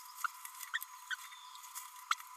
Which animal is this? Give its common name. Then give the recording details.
Green-rumped Parrotlet. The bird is a male. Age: 29 days. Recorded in a nest box in Venezuela. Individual 17B32A6